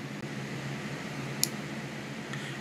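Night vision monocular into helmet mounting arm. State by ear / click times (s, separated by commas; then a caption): seated / 1.4 s. An ET Dragon digital night vision monocular, a PVS-14 clone, is squeezed and pushed down into its helmet mounting arm over a steady, fan-like background hum. A single short, sharp click at 1.4 s marks the unit latching firmly into the mount.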